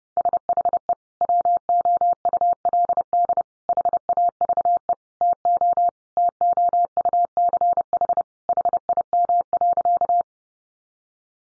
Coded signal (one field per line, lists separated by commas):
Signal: Morse code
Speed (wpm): 30 wpm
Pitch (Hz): 700 Hz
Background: none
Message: SHE WOULD HAVE TO TOUCH HIM.